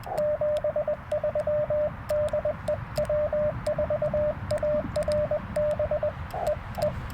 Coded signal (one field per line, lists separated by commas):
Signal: Morse code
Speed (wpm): 20 wpm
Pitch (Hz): 600 Hz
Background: radio noise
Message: 73 DE W4ARB EE